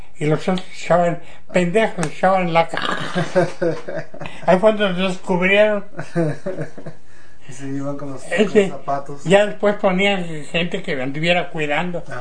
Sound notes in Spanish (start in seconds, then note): 2.7 risas; 5.9 risas